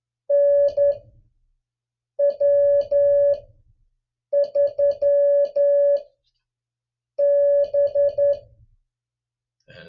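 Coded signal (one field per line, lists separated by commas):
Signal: Morse code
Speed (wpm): 11 wpm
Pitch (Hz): 570 Hz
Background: music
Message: NW3B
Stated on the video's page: Mixed USA and DX call sign copy practice in Morse at three different speeds.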